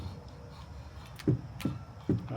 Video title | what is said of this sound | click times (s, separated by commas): Tenpoint Titan 400 Crossbow | right it's clicked in here's why I was making a mistake I wasn't re winding rewinding it enough | 1.6 s